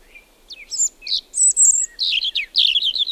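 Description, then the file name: European robin singing a continuous phrase of varied slurred whistles. Some notes rise and some fall, ending in a jumbled twittering run. "punarind"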